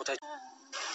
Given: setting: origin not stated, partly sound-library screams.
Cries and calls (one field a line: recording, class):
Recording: one-second piece from a danger detection set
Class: woman in danger